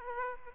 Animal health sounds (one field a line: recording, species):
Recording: mosquito wingbeat signal from an infrared sensor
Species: Aedes aegypti